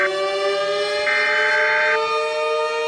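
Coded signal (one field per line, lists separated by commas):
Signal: Emergency Alert System (SAME) tones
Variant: header bursts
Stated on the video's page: Fictional EAS scenario about EF5 tornadoes, simulated.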